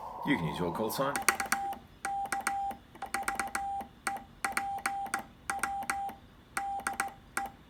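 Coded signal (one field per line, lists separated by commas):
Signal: Morse code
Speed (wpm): 18 wpm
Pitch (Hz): 790 Hz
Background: speech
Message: VK VEPW DE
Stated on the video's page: CW contacts made with an extendable aluminium portable HF whip antenna.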